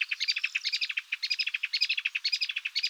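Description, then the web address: Melodious warbler song: a fast, continuous babbling stream of chattering, twittering notes, mid to high pitched, running without pause throughout. "Hippolais polyglotta"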